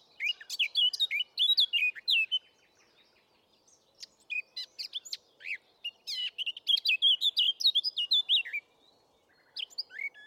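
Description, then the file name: Eurasian blackcap song: quick, scratchy and fluty warbled notes in two long phrases, with a brief burst at the end. "Sylvia atricapilla"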